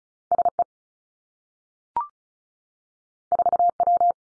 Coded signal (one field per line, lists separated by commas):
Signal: Morse code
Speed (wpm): 36 wpm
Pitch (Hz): 700 Hz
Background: none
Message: S E 4 W